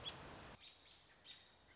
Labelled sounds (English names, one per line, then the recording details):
American Robin
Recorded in Sonoma County, California